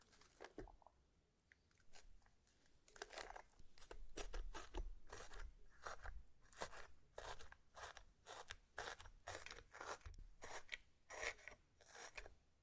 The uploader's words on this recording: ASMR SLIME! 5 Satisfying Slimes.